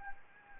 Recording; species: mosquito wingbeat signal from an infrared sensor; Anopheles gambiae